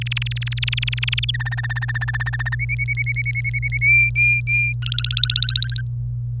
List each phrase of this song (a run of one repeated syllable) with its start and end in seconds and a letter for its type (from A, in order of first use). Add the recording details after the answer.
0.01-1.31 A, 1.34-2.55 B, 2.59-3.78 C, 3.81-4.73 D, 4.82-5.81 E. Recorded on 26 April 2018 at 05:58. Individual llb3